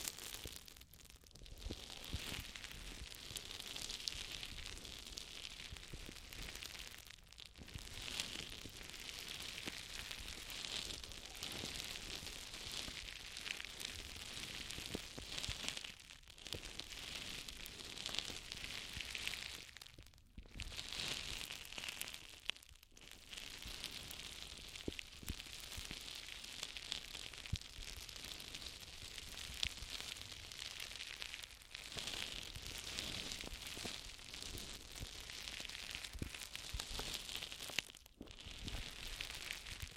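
An intense ear massage of dense, bright crackling and rubbing that runs almost without a break, dropping out briefly around 7, 16, 20, 23 and 38 seconds.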